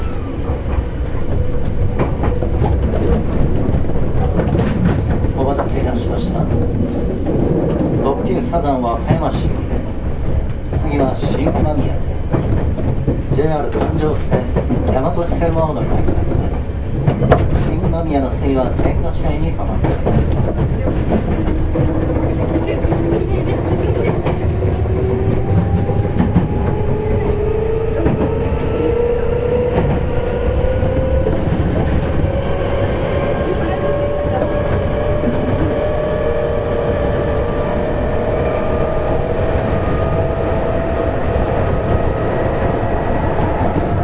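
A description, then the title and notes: A Nankai Railway 7100 series train runs with a constant heavy low rumble and rattle throughout. Speech-like voices surface during the first twenty seconds, then a rising motor whine climbs steadily in pitch from about twenty seconds to the end as the train accelerates. 南海電気鉄道 7100系電車の走行音です。 南海線の特急サザンにて収録しました。 区間は、難波から堺までです。 Running noise of the Nankai Railway 7100 series train.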